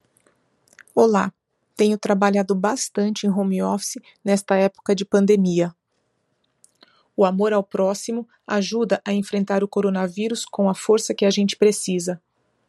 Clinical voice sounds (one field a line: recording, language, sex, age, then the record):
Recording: spoken sentence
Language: Brazilian Portuguese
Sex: female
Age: 40 to 49 years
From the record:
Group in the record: control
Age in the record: 47 years